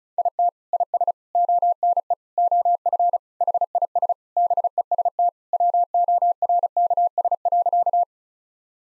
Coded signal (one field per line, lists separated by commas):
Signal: Morse code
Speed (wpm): 36 wpm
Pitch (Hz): 700 Hz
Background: none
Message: IT IS ONE OF HIS BEST WORKS.